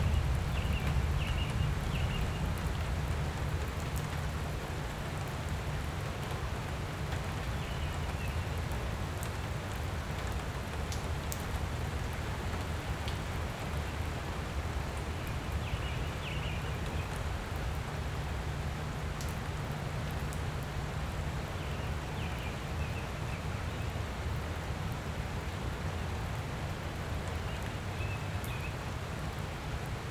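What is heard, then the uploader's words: A light rain falls steadily, a soft even hiss with no pauses across the whole stretch. A low rumble sits underneath, and faint bright ticks of drops land now and then, with brief higher chirps near the start, middle and end. A Light Pleasant Rain.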